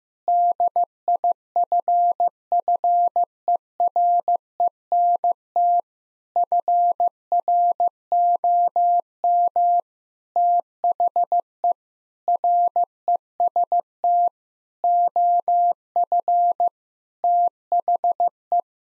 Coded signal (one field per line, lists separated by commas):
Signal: Morse code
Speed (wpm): 16 wpm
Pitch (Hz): 700 Hz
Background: none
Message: DIFFERENT FROM THE REST OF THE